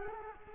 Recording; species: mosquito wingbeat signal from an infrared sensor; Culex quinquefasciatus